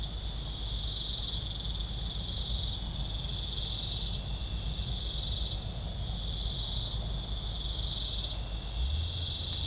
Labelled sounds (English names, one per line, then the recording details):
none
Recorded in secondary vegetation near Puerto Asís, Putumayo, Colombia, on 20 December 2024 at 20:00
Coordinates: 0.499, -76.323
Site G010